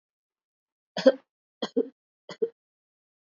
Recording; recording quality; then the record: shallow voluntary cough; excellent, no background noise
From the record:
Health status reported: healthy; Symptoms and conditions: none ticked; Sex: female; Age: 50 years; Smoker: not ticked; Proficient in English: yes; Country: India